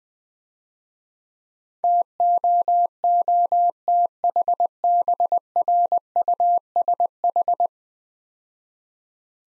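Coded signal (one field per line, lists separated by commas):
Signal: Morse code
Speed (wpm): 21 wpm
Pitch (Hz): 700 Hz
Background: none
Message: TOOTHBRUSH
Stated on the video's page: Morse practice set at 20 WPM using easy words with contextual hints.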